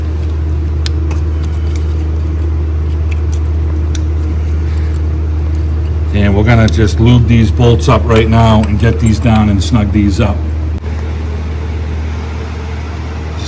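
On a 2010-2017 GMC Terrain, the wiring harness connectors are slid back onto the ignition coil packs after the pins and the green rubber O-ring seal are checked for corrosion and water. Two sharp, fast-decaying clicks at 0.9 s and 4.0 s mark the connectors locking in, over a steady low hum. Someone talks from about 6 s to 10 s, and the connectors are seated.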